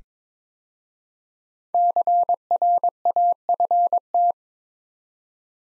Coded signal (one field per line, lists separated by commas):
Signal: Morse code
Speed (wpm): 23 wpm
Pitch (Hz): 700 Hz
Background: none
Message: CRAFT